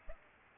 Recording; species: mosquito wingbeat signal from an infrared sensor; Aedes albopictus